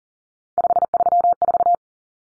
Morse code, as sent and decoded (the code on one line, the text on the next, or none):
..... ...-- ....-
534